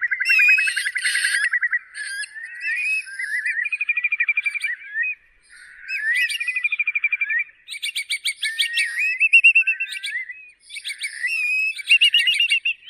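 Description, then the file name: Curlew song of repeated rapid trilled bursts and slurred whistles. Curlews labelled mỏ cong biển, choắt mỏ cong and rẽ mỏ cong. "tieng chim moc cong bien choat mo cong re mo cong"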